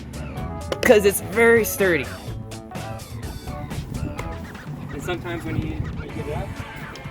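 Someone talks over background music while unfolding a Solar E1 electric scooter with its red folding lever, raising the stem toward the folding latch in the deck hinge, with brief handling knocks at about 0.7 and 4.2 seconds. The stem is handled but not yet home, and nothing has seated or clicked yet.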